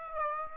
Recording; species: mosquito wingbeat signal from an infrared sensor; Aedes aegypti